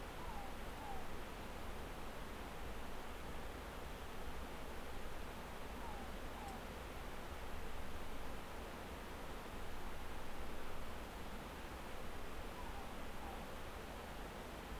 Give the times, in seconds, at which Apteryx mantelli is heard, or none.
none